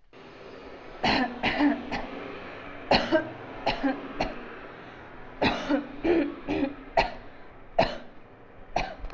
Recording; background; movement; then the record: voluntary coughing; traffic; sitting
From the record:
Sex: female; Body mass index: 22.6 kg/m2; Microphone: on the chest, facing outward